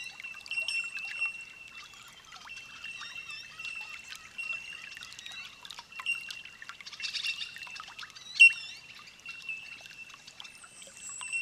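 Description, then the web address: Bellbirds ringing, a constant high chiming tone peppered with quick clinking notes and one sharp loud ping late on. Holophonic recording. "olofonia Bell Birds"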